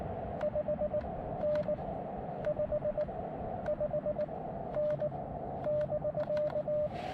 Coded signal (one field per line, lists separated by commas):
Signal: Morse code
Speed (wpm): 19 wpm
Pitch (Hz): 600 Hz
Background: radio noise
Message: 5N 55N <BK>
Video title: Gorge-ous SOTA | Windy Dog Day | Columbia River Gorge | Summits on the Air | Morse Code